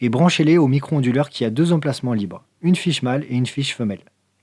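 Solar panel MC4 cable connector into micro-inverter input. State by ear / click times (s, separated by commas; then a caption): not seated / none. Someone talks while the MC4 output cables of a Sunethic plug-and-play solar panel, one male plug and one female plug, are being connected to the two free input slots of a micro-inverter. No click is heard. Nothing has seated or clicked yet.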